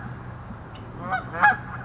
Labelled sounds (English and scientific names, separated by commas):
California Towhee (Melozone crissalis)